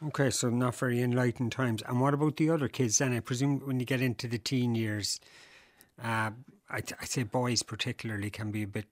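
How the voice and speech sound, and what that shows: A man speaks in a relaxed, conversational tone at an even pitch, with smooth, clearly articulated phrases. One brief hesitation, a pause followed by a drawn-out "uh", falls mid-sentence, as is ordinary in conversation. This is fluent speech with no stuttering or voice disorder.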